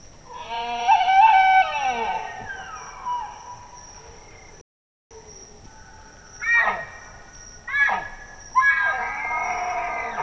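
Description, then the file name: Bactrian deer calls: a wavering harmonic bugle at the start, then three loud, rough calls in the second half. Male. "Cervus elaphus bactrianus 1 male"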